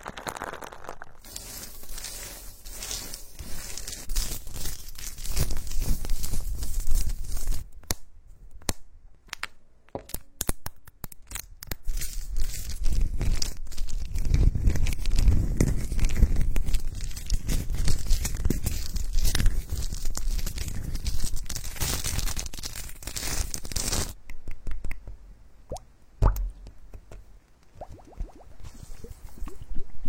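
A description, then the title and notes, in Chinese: A run of tapping, smearing and tearing sounds. Dense, crackly rubbing fills the first seven seconds and again from about 12 to 24 seconds, joined by a soft low rumble. In between and after that come sparse, sharp clicks and taps with short silences. 超刺激敲击音水流声涂抹撕拉按摩音合集。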